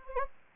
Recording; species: mosquito wingbeat signal from an infrared sensor; Anopheles gambiae